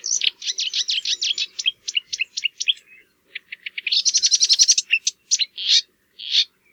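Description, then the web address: Marsh warbler song, rapid and varied: quick scratchy notes, a string of clipped chips, then a fast buzzing rattle and sharp whistled phrases. "geluiden bosrietzanger"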